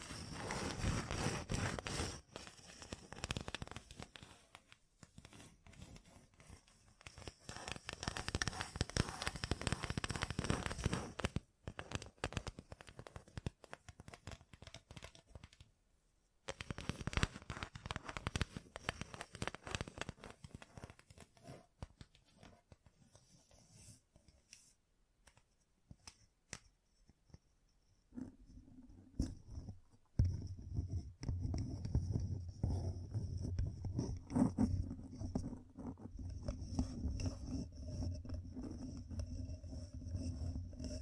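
Fingertips covered in gems tap and scratch in dense, irregular bursts of crisp clicks and rasping scrapes. The sound pauses briefly around 11 and 16 seconds. After about 30 seconds it turns steadier, with a low hum and a thin high tone beneath the scratching.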